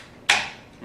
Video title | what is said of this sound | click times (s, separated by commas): EZSMART_이지스마트_Smart Saw Base Installation_스마트 쏘 베이스 설치하기 | it snaps into place now once that's done we're ready to go ahead and make | 0.3 s